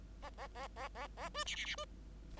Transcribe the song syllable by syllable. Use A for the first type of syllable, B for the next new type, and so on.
A A A A A A B C C C B